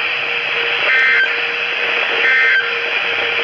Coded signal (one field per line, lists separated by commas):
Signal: Emergency Alert System (SAME) tones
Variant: end-of-message bursts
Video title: Severe Thunderstorm Warning (EAS #182)